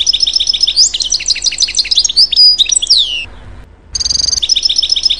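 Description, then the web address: Canary song of rapid repeated high chirps and swept notes, briefly breaking off into quiet before a steady trill resumes. Ringtone. "animaux bird-canary"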